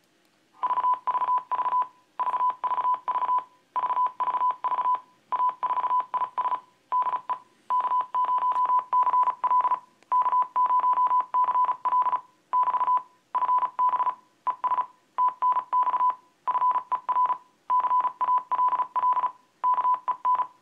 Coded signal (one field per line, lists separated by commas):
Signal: Morse code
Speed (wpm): 36 wpm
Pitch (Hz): 1000 Hz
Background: none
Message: VVV VVV VVV A4IS DE K0CL K0CL <BT> FB ES TNX FER CALL KEN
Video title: Using Adafruit's Mic Amp to copy CW on Arduino